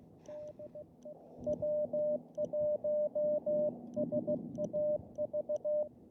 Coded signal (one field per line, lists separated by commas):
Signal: Morse code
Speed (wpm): 16 wpm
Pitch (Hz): 600 Hz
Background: radio noise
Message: D W1SAV